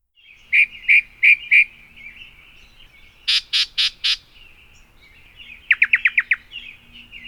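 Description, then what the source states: Yellow-breasted Chat song: four clear whistled notes, a pause, then four harsh, buzzy squawks, and finally a quick burst of short descending notes. Played-back recording; described as a crazy vocalization.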